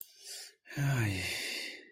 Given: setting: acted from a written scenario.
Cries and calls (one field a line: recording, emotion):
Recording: vocal sound without words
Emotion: shame